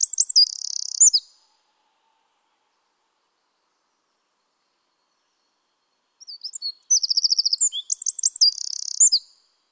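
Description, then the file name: Eurasian wren song: the close of one high, trilling phrase, several seconds of silence, then a complete fast phrase of rattles and looping notes. "Troglodytes troglodytes"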